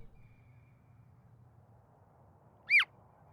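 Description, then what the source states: Sika deer squeak, one brief bending high call near the end, after a stretch of steady low rumble. Short squeaks recorded at a distance with reverberation.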